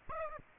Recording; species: mosquito wingbeat signal from an infrared sensor; Aedes aegypti